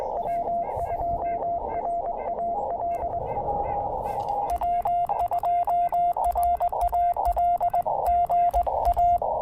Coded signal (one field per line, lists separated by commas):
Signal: Morse code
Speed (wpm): 20 wpm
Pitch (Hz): 690 Hz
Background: radio noise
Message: W2RAL W2RAL GA